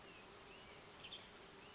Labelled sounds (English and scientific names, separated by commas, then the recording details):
Western Tanager (Piranga ludoviciana)
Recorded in Sonoma County, California